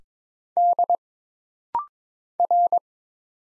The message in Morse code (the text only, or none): D R